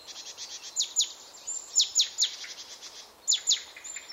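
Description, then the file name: Great tit calls: sharp descending notes in pairs and triplets against a busy background of faint chirping and hiss. "Parus major"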